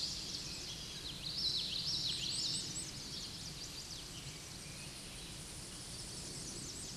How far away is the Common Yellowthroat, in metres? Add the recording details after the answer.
about 25 m. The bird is about 5 m above the microphone. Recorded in a Pennsylvania forest on 16 May 2024 at 08:05. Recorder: AudioMoth, point MSD-0215. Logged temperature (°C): 16.1 °C. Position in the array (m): 56 m, 145 m